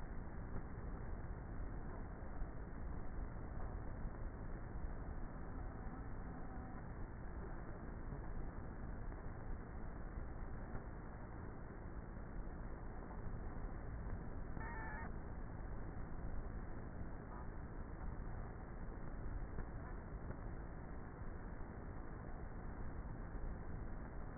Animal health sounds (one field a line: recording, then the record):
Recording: honeybee colony, microphone inside the hive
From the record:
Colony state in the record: queenless with a low population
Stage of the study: before two queens were removed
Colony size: about 30,000 bees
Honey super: no